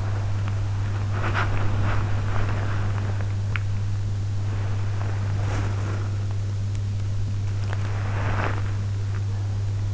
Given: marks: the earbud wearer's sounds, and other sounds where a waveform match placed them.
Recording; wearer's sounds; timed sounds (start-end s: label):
sounds in sleep by an in-ear microphone; body movement, teeth grinding
0.00-8.56 s: body movement
3.42-3.66 s: teeth grinding